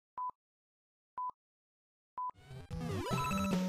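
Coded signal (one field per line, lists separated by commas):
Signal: none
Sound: phone ringtone beeps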